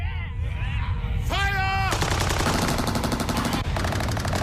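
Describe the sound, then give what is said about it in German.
A loud, sustained burst of rapid fire from a new rapid-fire gun aimed at hundreds of attackers charging into the open fire, with a fast, steady rhythm of sharp cracks, preceded by shouting voices and a brief rising tonal sound. “Sie rennen ins offene Feuer!”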